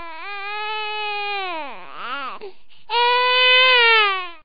Baby cry.